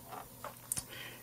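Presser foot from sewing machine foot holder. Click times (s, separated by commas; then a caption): 0.7 s. The black release button at the back of a sewing machine's foot holder is pressed, and the presser foot clicks off at 0.7 s. A faint tick comes just before at 0.45 s, and a softer knock follows at 0.8 s, all against a quiet background. The presser foot is released and drops off the holder.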